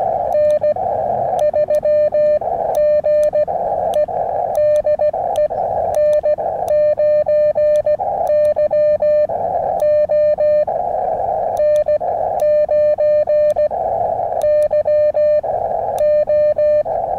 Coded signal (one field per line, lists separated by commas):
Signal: Morse code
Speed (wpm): 16 wpm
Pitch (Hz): 600 Hz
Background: music, radio noise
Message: N3GE DE N9YO N9YO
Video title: elecraft QRP ~ park & wire